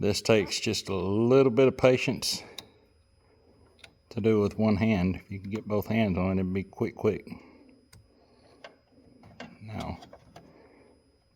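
A LASFIT LS Plus series 9005 LED high-beam bulb is worked one-handed into the plastic headlight housing of a 2018 Silverado 2500HD while someone talks. Short, faint ticks and taps of handling come between the speech. The bulb has not seated or clicked into place yet.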